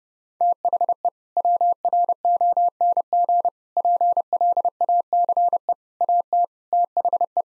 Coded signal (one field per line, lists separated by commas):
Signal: Morse code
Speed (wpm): 30 wpm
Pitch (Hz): 700 Hz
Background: none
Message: THE WRONG PLACE AT THE